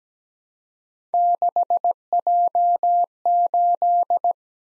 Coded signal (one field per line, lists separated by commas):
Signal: Morse code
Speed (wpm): 17 wpm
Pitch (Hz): 700 Hz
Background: none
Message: 6J8